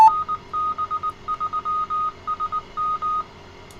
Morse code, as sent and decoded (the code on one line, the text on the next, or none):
-. -... ...-- ... --
NB3SM